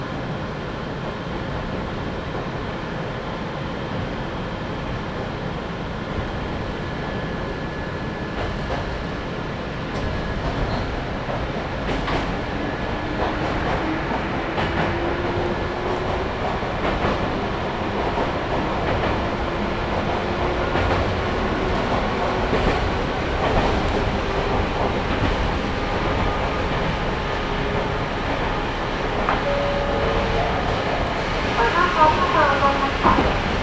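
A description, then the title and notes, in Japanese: A ride aboard a Sangi Railway train on the Sangi Line: a steady, dense rumble of running wheels and motor fills the whole stretch. Faint tones rise and fall, with repeated clicks and knocks from the rails, growing slightly louder toward the end. 三岐鉄道三岐線 西藤原→北勢中央公園口。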